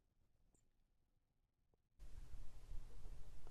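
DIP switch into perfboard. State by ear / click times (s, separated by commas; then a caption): not seated / none. A DIP switch is handled with its pins lined up to press into the holes of a perfboard for an 8-bit computer build. The first two seconds are near-silent with a few faint ticks, then at 2.0 s a loud, steady broadband hiss jumps in and runs to the end. Nothing has seated or clicked into the board yet.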